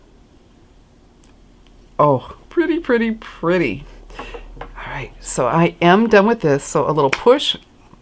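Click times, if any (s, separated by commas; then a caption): none. Someone talks while handling the plastic lid of an ink stamp pad case, starting to push and pull on its lip to snap it shut so the ink won't dry out. A few faint, brief taps come from the handling between the words. The lid has not clicked shut yet by the end of the clip.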